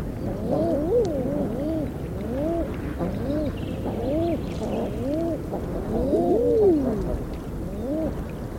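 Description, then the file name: Common eider cooing, many overlapping arched moaning calls from several birds, repeated almost continuously throughout above a steady low rumble. "Eider"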